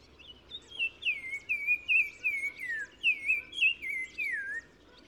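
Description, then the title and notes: Black-crowned tchagra song: loud, sweet whistles gliding downward in a repeated descending phrase, a slight pause between the two runs, with soft background chirps. Recorded 15 March 2000 in spring at Oued Massa, Morocco, in gardens around Zaouit Massa village at the river mouth; bird singing in hedges and bushes; repeated phrase; Nagra Ares-BB with Telinga Pro6. "OISEAU TELEPHONE. 15 mars 2000-Oued Massa - Maroc. le Téléphone tchagra (Tchagra senegalus - Black-crowned Tchagra) qui se fait remarquer par sa phrase répétée du plus bel effet"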